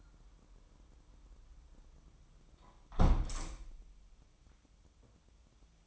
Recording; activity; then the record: daily activity, microphone in the room; close window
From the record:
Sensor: 1